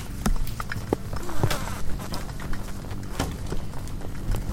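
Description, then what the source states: Swarming insects: scattered clicks and knocks against the lamp come irregularly above a continuous low hum. Hundreds of bugs frantically congregating at night around the only light source, a porch bulb on a savannah wildlife ranch in South Africa, November 2016; miniature omni, lampshade-mounted and cardioid microphones, Zoom F8 recorder.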